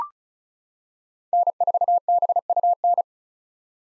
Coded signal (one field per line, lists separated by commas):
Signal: Morse code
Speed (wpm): 36 wpm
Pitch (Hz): 700 Hz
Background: none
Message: N4BUN